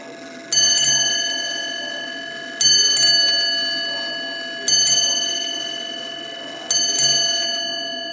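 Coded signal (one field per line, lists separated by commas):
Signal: ship's bell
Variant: clock-driven ship's bell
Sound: eight bell strikes in four pairs, each with a long ringing decay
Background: clock ticking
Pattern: 2-2-2-2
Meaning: Eight bells marks the end of a watch, after which the count starts again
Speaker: eight bills and now I will start the sequence all over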